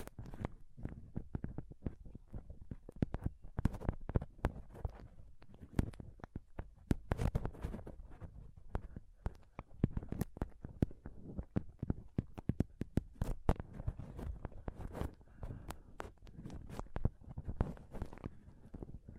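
Intense mic scratching and touching, a dense run of sharp scrapes and taps with low rumbling handling noise, irregular and constant throughout.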